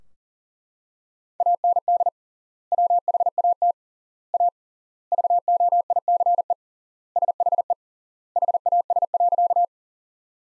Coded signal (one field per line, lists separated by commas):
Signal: Morse code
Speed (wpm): 40 wpm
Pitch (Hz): 700 Hz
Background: none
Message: AND WHAT A VOICE SHE HAS.